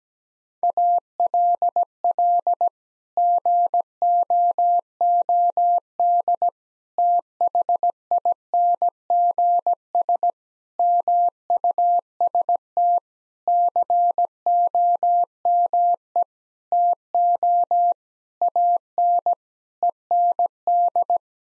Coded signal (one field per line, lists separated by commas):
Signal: Morse code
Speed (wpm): 17 wpm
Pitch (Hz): 700 Hz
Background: none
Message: ALL GOOD THINGS MUST COME TO AN END